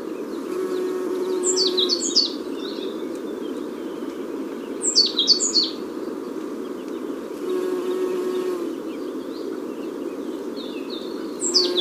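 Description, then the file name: African blue tit: a few short bursts of high, downslurred chirping notes separated by pauses, over a low steady hum. Recorded on Tenerife, Canary Islands. "cyanistes teneriffae"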